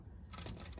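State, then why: Seated. A plastic mushroom-head dual lock reclosable fastener strip is pressed onto its mating strip, giving a quick grinding series of small snaps at about 0.3, 0.4, 0.5, 0.6, 0.7 and 0.7 seconds. The strips engage, seat together and hold tight.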